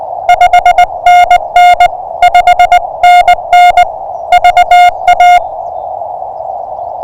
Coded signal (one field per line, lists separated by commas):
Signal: Morse code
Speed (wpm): 20 wpm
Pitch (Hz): 710 Hz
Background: music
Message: 5NN 5NN VA